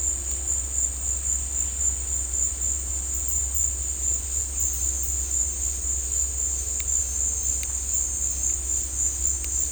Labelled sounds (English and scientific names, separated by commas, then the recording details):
none
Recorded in dense forest near Puerto Asís, Putumayo, Colombia, on 16 December 2024 at 16:00
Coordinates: 0.466, -76.327
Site G075